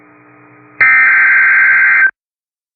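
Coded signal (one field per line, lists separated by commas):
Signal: Emergency Alert System (SAME) tones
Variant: header bursts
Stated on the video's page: Severe Thunderstorm Warning from NOAA Weather Radio station in Madison, WI.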